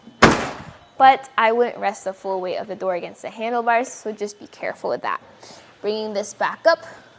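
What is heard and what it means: A Saris MHS DUO 3-bike hitch rack on a 2023 Kia Seltos, tilted down, is being raised back up toward its upright position. A sharp, loud thump sounds at 0.2 s, then someone talks for the rest of the clip. The tilt latch has not clicked or locked into place yet.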